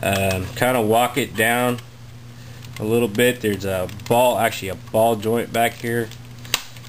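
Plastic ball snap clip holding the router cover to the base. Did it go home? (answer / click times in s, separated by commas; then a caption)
released / 6.5 s. Someone talks while prying apart the plastic case of a Linksys WRT150N wireless router. At 6.5 s, one of the plastic ball-joint snap clips holding the cover to the base lets go with a short, sharp snap, and the housing pops open.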